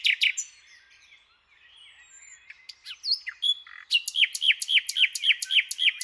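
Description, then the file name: Common nightingale singing: loud opening notes, quiet soft whistles, then a steady series of several repeated sharp, slurred notes. "Luscinia megarhynchos"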